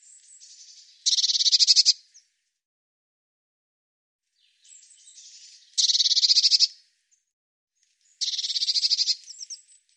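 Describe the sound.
Bird song: three bursts of rapid, buzzy, pulsed trills, high-pitched, some opened by a softer twittering lead-in, with clear pauses between phrases.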